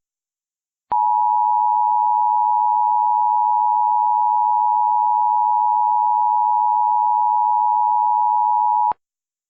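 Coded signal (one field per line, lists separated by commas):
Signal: Emergency Alert System (SAME) tones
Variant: 853 and 960 Hz attention tone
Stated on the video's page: Fictional EAS scenario using valid EAS tones.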